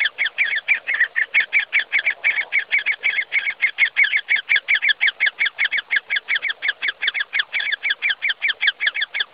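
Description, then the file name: Great spotted woodpecker young giving begging calls: a dense, continuous chatter of short harsh chirps, several per second, rising and falling slightly in loudness. Begging young birds. "Buntspecht (Dendrocopos major), bettelnde Jungvögel"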